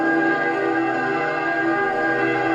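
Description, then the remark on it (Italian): Church bells in Italy ring together for Easter, a dense, sustained wash of overlapping tones, loud and steady throughout with no pauses and no voices. “Suonano le campane della Pasqua, ma quest'anno non richiamano nessun popolo.”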